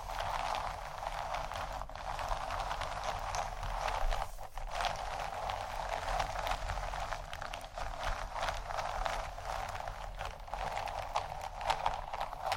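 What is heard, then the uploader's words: Bags being handled in a dense, steady crinkling and rustling that barely pauses, briefly dipping near two and four and a half seconds. ASMR 4 Textured Bags 1 Hour（No Talking）.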